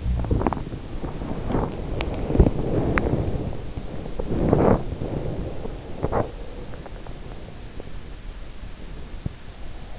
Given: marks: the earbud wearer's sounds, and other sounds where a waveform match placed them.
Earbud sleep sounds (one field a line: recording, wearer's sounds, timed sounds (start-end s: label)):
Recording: sounds in sleep by an in-ear microphone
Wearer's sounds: body movement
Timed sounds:
0.00-7.79 s: body movement